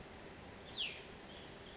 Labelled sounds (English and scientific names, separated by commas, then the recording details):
Cassin's Vireo (Vireo cassinii)
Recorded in Sonoma County, California